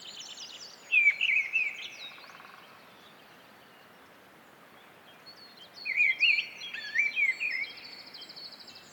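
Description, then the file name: Mistle thrush sings a rich whistled phrase, pauses for several seconds, then gives a longer warbled phrase, with high chattering behind. "British Library - Mistle Thrush Turdus viscivorus"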